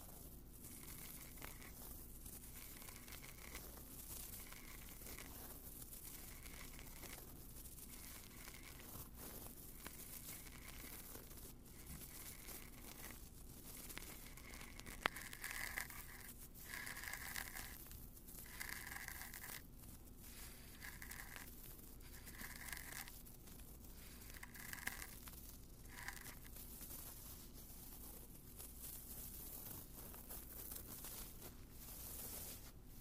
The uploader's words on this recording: Ear Cleaning With Odd Objects. Tonight, I perform another ear cleaning, but this time with a bunch of odd sounding objects.